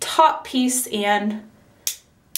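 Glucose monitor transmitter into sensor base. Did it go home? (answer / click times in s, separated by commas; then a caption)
yes / 1.9 s, 2.4 s. Someone talks while pushing the plastic transmitter of a Dexcom G4 continuous glucose monitor down into its sensor base (pod) on the upper thigh. Two sharp snaps follow at 1.9 s and 2.4 s, and the transmitter is seated and locked in.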